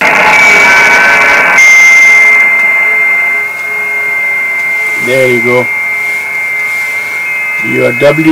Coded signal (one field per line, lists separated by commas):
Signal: FT8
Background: speech